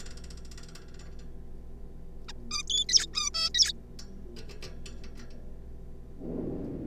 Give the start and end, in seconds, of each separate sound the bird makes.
2.29-2.32, 2.51-2.63, 2.67-2.85, 2.89-3.06, 3.13-3.30, 3.34-3.49, 3.54-3.72